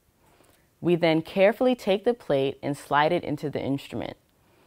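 A photomask holder plate, with the photomask held on by vacuum suction through small holes, is being slid into a lithography mask aligner while someone talks over it. The clip ends before the plate goes home, and nothing has seated or clicked yet.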